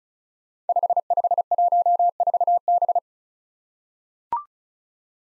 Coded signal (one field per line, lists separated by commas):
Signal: Morse code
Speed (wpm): 36 wpm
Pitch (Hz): 700 Hz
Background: none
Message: 5514B